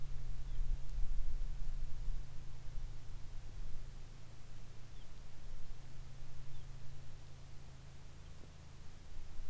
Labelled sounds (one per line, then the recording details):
songbird
rain
aircraft
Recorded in the Arctic National Wildlife Refuge, Alaska, on 22 July 2019 at 15:38
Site 41